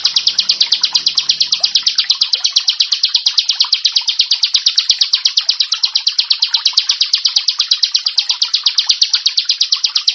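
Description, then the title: Bar-winged prinia song: very fast, continuous high chips run together into an almost trilled rhythm, steady throughout, with a faint low hum early on. "Ciblek Sawah"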